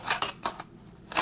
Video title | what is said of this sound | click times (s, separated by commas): Firewall Holsters | you hear that nice nice little click | 0.5 s